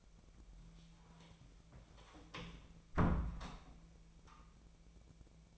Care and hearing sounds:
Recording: daily activity, microphone in the room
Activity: close door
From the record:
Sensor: 1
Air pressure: 1000.5 hPa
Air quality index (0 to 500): 184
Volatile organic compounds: 4 ppm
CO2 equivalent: 1700 ppm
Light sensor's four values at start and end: 11/28/11/13 and 11/27/11/13

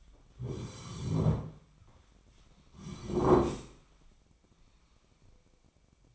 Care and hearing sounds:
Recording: daily activity, microphone in the room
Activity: sit down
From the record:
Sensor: 1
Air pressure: 1009.3 hPa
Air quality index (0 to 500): 178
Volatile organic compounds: 3 ppm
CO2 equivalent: 1501 ppm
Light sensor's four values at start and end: 42/112/47/55 and 44/117/48/58

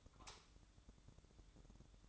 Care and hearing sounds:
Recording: daily activity, microphone in the room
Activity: light off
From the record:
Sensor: 3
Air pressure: 1007.8 hPa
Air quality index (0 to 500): 89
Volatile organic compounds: 1 ppm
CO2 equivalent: 754 ppm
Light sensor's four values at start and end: 18/49/21/19 and 11/26/11/11

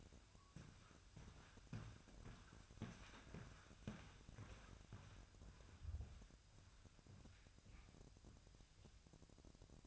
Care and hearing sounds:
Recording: daily activity, microphone in the room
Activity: walk to room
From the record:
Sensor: 2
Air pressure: 999.3 hPa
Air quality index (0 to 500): 192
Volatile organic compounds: 25 ppm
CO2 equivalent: 2843 ppm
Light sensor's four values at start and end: 7/17/7/7 and 7/17/7/7

